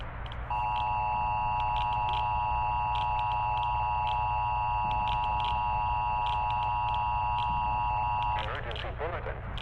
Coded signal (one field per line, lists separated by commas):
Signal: Emergency Alert System (SAME) tones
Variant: 853 and 960 Hz attention tone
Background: speech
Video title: EAS Scenario: Meltdown